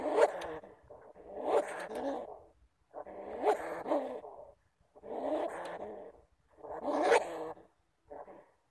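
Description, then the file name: Bamboo rat uttering several separate rasping growls, spaced by clear pauses. "Tieng dui keu"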